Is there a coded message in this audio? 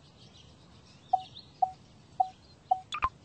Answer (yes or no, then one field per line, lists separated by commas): no